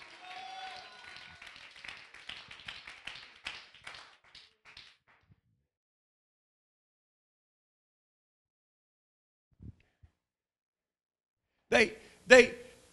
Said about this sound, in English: Oh, clap your hands, all you people.